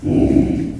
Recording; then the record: squeal of a Yucatan mini pig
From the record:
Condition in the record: after surgery on the right vocal fold (resection and tissue-engineered implant); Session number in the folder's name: 1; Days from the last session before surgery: 13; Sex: female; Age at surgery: 19 weeks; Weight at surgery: 25 kg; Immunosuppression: prednisolone